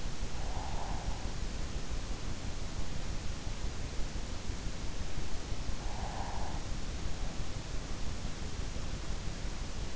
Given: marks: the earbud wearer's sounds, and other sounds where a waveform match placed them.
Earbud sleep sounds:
sounds in sleep by an in-ear microphone; breath
0.00-1.60 s: breath
5.54-7.08 s: breath

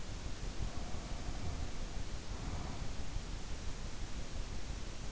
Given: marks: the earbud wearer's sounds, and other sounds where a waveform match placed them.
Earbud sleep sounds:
sounds in sleep by an in-ear microphone; breath
0.42-3.04 s: breath

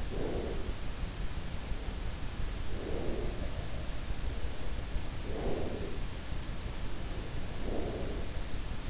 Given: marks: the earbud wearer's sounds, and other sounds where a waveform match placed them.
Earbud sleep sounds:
sounds in sleep by an in-ear microphone; breath
0.00-1.14 s: breath
2.57-3.77 s: breath
3.03-5.10 s: sound from someone else or the room
5.10-6.40 s: breath
7.31-8.55 s: breath

